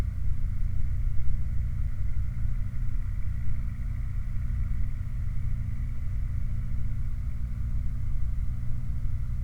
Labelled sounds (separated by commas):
machinery, flare stack